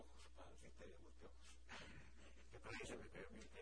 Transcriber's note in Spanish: risas